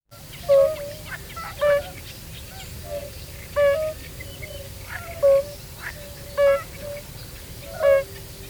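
European fire-bellied toad calls: short, mellow, low hooting notes repeated every one to two seconds over a steady chorus hum.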